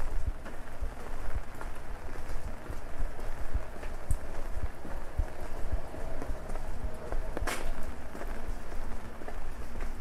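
Rain patters on an umbrella in a steady, dense stream of small taps while someone walks through a busy city street at night. A low rumble of traffic runs underneath throughout, and a brighter splash or hiss stands out around seven and a half seconds.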